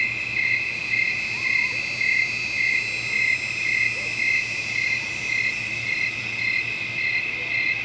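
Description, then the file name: Cricket chirps pulse rhythmically, about two per second, over a continuous high insect drone. Swamp at night. "Swamp At Night With Crickets And Cicadas"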